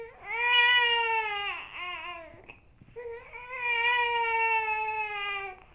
Baby Cry.